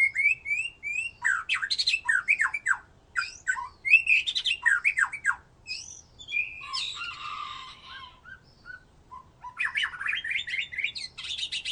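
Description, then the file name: White-rumped shama song, a fast run of whistled notes and sharp chattering phrases with brief gaps, ending in a dense flourish. "murai batu"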